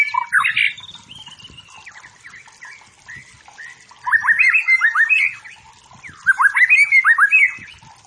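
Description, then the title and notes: White-rumped shama song: loud slurred whistles open, then quieter notes and two bright bursts of tumbling, rapidly varied whistled phrases, with faint chirps behind. Wild forest white-rumped shama singing energetically; used as training song for competition birds, said to provoke fighting spirit. "Murai Batu Hutan. Murai Batu Gacor"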